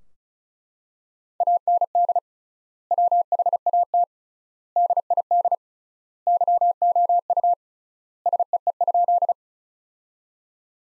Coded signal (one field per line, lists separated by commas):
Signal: Morse code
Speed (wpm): 36 wpm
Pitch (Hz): 700 Hz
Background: none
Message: AND WHAT DID YOU SEE?